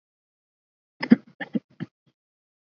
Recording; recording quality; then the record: heavy voluntary cough; moderate, slight background noise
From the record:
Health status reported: respiratory illness, not identified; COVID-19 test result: not tested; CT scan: not taken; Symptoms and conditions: fever, fatigue, muscle pain, diarrhoea, asthma, hypertension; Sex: male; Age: 42 years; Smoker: yes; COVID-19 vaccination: both doses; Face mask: worn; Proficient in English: yes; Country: India